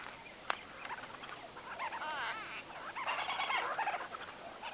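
White-fronted bee-eater calls, quick wavering chirrups overlapping one another in a busy burst of chatter, with a sharp click near the start.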